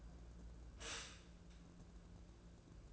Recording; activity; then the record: daily activity, microphone in the room; stop toaster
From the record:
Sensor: 2